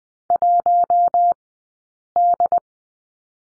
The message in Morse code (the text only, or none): 1 D